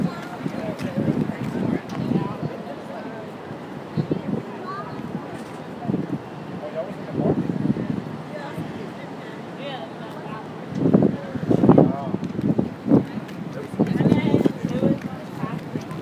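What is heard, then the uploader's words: Walking along an elevated city park, with people talking in overlapping, mid-pitched voices that swell and fade, loudest around eleven to fifteen seconds. A steady low city hum and some wind rumble sit underneath, with occasional traffic. The sound of a walk on The High Line in New York City at High Line Park by David Noël.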